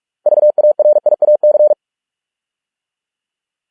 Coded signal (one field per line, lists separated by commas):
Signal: Morse code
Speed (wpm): 46 wpm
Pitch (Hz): 600 Hz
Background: none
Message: VARIAC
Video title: Morse code 45 wpm exercise with images